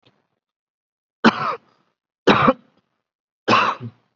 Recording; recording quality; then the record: heavy voluntary cough; excellent, no background noise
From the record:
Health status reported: COVID-19 positive, mild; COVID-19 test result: positive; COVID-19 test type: RT-PCR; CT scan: taken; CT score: 5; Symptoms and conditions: cough, hypertension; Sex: male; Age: 38 years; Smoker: no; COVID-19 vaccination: none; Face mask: not worn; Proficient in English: yes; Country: India